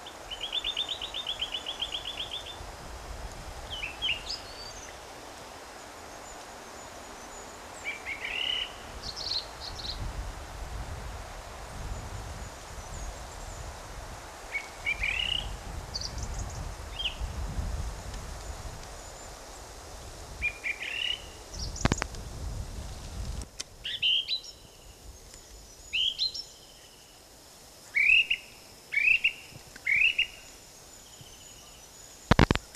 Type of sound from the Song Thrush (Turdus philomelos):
song